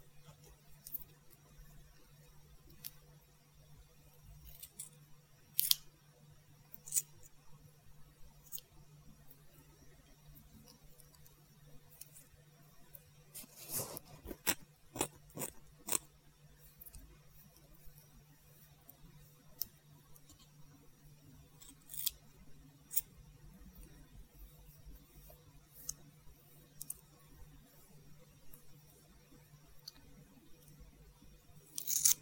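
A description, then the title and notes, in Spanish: Scissors snip sporadically during a haircut, producing sharp, bright clicks scattered through the half minute. A dense cluster of snips comes around the middle, near fourteen to sixteen seconds. A steady low hum runs underneath the whole time. Corte de cabello. Muchos sonido de tijeras.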